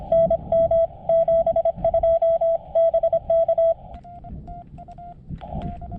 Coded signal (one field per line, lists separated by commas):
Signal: Morse code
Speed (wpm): 26 wpm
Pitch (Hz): 660 Hz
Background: radio noise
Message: NM 72 BK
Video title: I'm still learning Morse Code